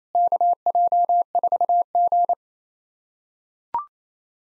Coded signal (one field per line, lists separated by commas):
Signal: Morse code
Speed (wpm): 28 wpm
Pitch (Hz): 700 Hz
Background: none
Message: KJ4G